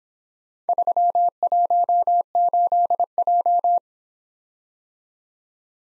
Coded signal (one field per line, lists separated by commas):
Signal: Morse code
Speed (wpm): 26 wpm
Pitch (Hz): 700 Hz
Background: none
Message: 318J